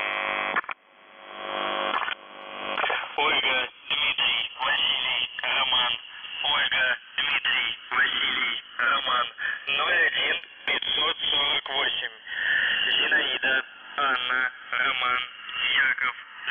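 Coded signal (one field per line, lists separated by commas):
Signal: coded military voice message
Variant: UVB-76, Russian voice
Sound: short buzzer drone, then a male voice reading words over a noisy radio channel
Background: radio static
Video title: The Buzzer/UVB-76(4625Khz) June 3, 2021 12:18UTC Voice message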